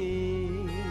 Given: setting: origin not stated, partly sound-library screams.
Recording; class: one-second piece from a danger detection set; normal situation